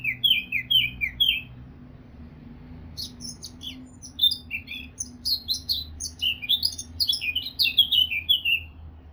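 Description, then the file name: Eurasian blackcap song: a few clear falling whistles, a brief pause, then busy high scratchy warbling leading into whistled phrases. "Sylvia atricapilla"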